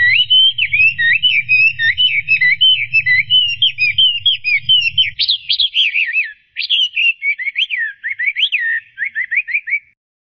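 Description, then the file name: Chinese hwamei singing a long varied song: fluttering whistled notes, then sharp rising and falling swoops, ending with quick repeated slurred whistles, low hum early on. "audio-kicauan-burung-hwamei omkicau"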